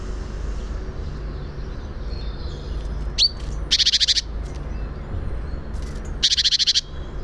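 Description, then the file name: Great tit giving a sharp upswept note followed by two dry, buzzy churring rattles, with constant low rumble behind. "Parus major"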